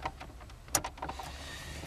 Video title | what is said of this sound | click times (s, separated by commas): GTA Car Kits - Lexus IS250 IS300 IS350 2006-2013 iPhone, iPod and AUX adapter for factory stereo | make sure it clicks and the connections are good | 0.8 s